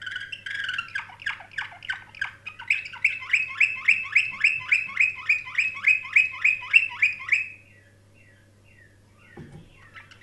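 Canary song of rapid evenly repeated chirps for about seven seconds, then near silence with a few soft notes and a brief thump.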